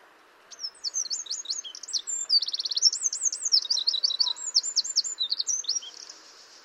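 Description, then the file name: Eurasian wren pouring out a long, high, energetic song of quick trills, a dry buzzy rattle and rolling whistles. "Troglodytes troglodytes"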